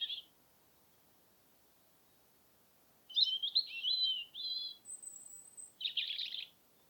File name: european robin - erithacus rubecula